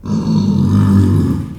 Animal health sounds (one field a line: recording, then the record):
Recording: squeal of a Yucatan mini pig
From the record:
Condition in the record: after surgery on the right vocal fold (resection and tissue-engineered implant)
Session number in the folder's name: 13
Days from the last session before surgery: 113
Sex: female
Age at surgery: 19 weeks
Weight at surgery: 25 kg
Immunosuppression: prednisolone